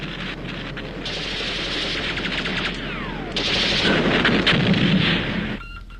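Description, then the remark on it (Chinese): Dense battle noise as enemy troops, covered by aircraft, attack positions at Tashan: rapid bursts of gunfire and booming artillery blasts pile up over a low rumble, with a descending aircraft whine midway, growing louder before cutting off abruptly. “敌军在飞机的掩护之下向我塔山阵地发起进攻，”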